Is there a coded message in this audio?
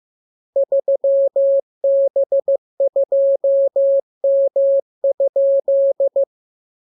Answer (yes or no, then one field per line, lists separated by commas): yes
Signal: Morse code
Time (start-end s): 0.6-6.2 s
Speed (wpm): 15 wpm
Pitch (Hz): 550 Hz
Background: none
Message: 3B2M?